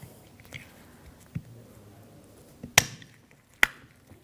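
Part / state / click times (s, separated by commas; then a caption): brake pad into rear brake caliper bracket / partly seated / 2.8 s, 3.6 s. A new rear brake pad for a 2007–2017 Jeep Patriot is pressed onto the rear brake caliper bracket by squeezing its metal ears or clip. Two sharp metallic snaps come at 2.8 s and 3.6 s over faint low handling noise. The pad pops on but is not fully seated.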